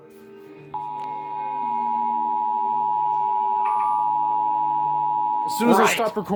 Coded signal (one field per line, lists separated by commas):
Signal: Emergency Alert System (SAME) tones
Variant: 853 and 960 Hz attention tone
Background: speech, music